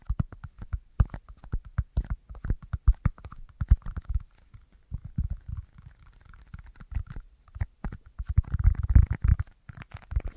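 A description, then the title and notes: Dry tapping on assorted surfaces in quick, uneven bursts, each tap a short click with a soft low thump beneath it. The pace speeds up and slows with brief pauses, around the sixth and eighth seconds; toward the end, a denser, rougher rubbing patch builds up. ASMR Tingliest Tapping Assortment for Sleep (No Talking).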